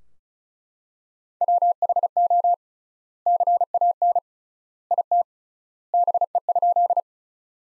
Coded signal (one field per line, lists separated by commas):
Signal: Morse code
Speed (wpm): 36 wpm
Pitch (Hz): 700 Hz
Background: none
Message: WHO CAN IT BE?